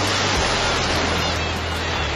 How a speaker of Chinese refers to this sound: 有多久没有听到大海的涛声了？